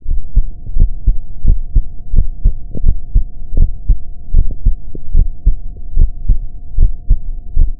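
Paired low thumps at about 74 beats a minute, a heartbeat heard through a stethoscope, filtered, with a faint constant hum.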